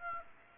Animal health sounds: mosquito wingbeat signal from an infrared sensor; Aedes aegypti

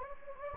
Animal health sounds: mosquito wingbeat signal from an infrared sensor; Anopheles gambiae

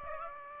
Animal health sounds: mosquito wingbeat signal from an infrared sensor; Aedes aegypti

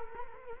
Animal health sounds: mosquito wingbeat signal from an infrared sensor; Culex quinquefasciatus

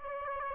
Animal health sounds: mosquito wingbeat signal from an infrared sensor; Aedes aegypti

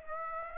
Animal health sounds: mosquito wingbeat signal from an infrared sensor; Aedes aegypti

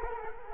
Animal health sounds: mosquito wingbeat signal from an infrared sensor; Culex quinquefasciatus

